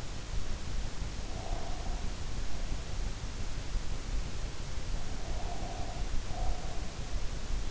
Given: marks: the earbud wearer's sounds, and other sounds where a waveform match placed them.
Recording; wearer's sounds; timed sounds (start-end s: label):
sounds in sleep by an in-ear microphone; breath
1.24-2.89 s: breath
5.23-6.99 s: breath